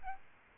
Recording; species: mosquito wingbeat signal from an infrared sensor; Aedes albopictus